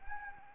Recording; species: mosquito wingbeat signal from an infrared sensor; Anopheles gambiae